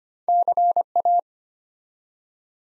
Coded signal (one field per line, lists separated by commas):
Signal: Morse code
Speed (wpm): 25 wpm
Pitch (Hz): 700 Hz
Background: none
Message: CA